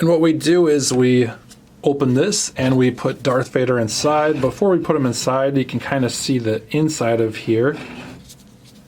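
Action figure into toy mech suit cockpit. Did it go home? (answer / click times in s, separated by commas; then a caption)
no / none. Someone talks while opening the cockpit of a plastic Star Wars Power The Force Epic World Of Action Darth Vader Ultimate Mech Suit toy robot, about to place the plastic Darth Vader action figure, with its cape removed, inside. The figure has not snapped into the mech suit yet; nothing has seated or clicked.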